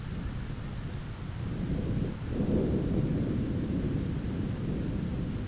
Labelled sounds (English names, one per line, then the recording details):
none
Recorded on Arctic tundra, site ZACK-1, on 9 June 2019
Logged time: 17:49